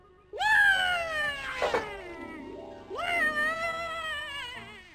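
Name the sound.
cat meowing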